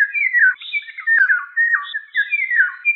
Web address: Oriolus oriolus